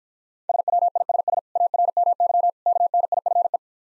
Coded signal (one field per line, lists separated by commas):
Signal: Morse code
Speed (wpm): 49 wpm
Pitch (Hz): 700 Hz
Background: none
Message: SWISS ARMY KNIFE